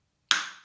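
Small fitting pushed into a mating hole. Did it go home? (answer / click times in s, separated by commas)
yes / 0.3 s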